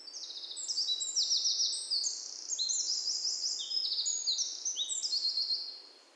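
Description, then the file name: Eurasian wren delivering a vigorous high song of rattling trills and piercing notes that runs almost the whole six seconds. "Troglodytes troglodytes"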